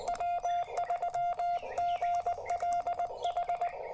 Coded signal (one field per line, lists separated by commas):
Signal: Morse code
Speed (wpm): 19 wpm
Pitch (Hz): 700 Hz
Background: radio noise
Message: W3GLH